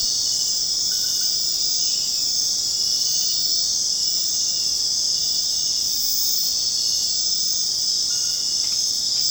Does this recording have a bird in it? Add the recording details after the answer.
no. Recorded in secondary vegetation near Puerto Asís, Putumayo, Colombia, on 29 June 2025 at 21:00. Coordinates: 0.484, -76.319. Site G074